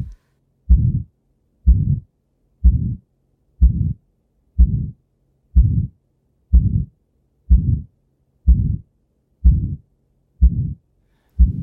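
Heart of an older person with aortic stenosis: regular heartbeats at about 62 a minute, each carrying a drawn-out rushing murmur that builds and then fades out on its own without a sharp end. The outflow valve is narrowed and calcified, typical of old age, usually around 80 to 90 years, and now treated without surgery by dilatation.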